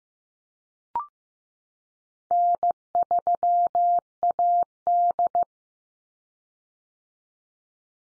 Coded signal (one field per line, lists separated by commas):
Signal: Morse code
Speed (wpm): 15 wpm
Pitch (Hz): 700 Hz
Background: none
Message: N3AD